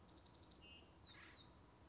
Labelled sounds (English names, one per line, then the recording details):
Acorn Woodpecker
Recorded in Sonoma County, California